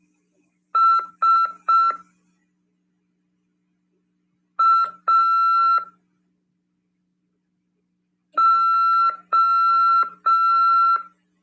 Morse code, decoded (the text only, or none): SAO